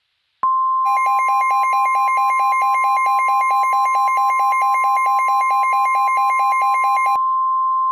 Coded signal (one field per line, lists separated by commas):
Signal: Emergency Alert System (SAME) tones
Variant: 1050 Hz attention tone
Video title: "MIDWEST MADNESS" - An EAS Scenario